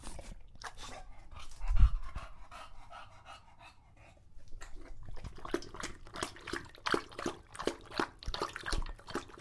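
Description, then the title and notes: English Bulldog drinking, sparse wet noises and one low thump, followed by a run of quick lapping in the second half. Male English Bulldog named Lucho drinking from a water bowl after a long walk, breathing heavily and out of breath between drinks. "English Bulldog Drinks from Water Bowl - Weird Sounds. listen to Lucho the English Bulldog as he tries to drink water after a long walk. Don't let his heavy breathing fool you in between drinks, he's equally out of breath from the walk"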